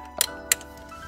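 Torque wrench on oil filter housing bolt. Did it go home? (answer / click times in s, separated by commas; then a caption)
yes / 0.2 s, 0.5 s. A click-type torque wrench set to 8 Nm tightens the new oil filter housing bolt on an F30 N55 during an oil filter housing gasket replacement. Two sharp ticks are heard at 0.2 s and 0.5 s as the wrench breaks over. The bolt reaches its 8 Nm torque setting.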